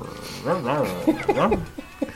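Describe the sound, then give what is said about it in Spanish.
A person imitates a dog with a string of yappy, barking vocal sounds, rising and falling in pitch over a couple of seconds, followed by a few short, quieter yelps. “Eso fue en idioma perro.”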